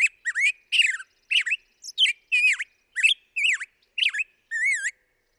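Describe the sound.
Black-headed grosbeak singing rich, slurred whistles in short rising and falling notes, ending with a wavering whistled note; background otherwise silent.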